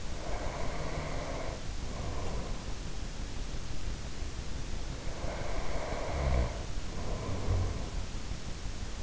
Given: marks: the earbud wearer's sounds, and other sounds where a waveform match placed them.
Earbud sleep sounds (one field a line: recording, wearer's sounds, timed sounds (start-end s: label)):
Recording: sounds in sleep by an in-ear microphone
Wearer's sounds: breath, snoring breath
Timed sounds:
0.00-2.76 s: breath
4.68-8.09 s: snoring breath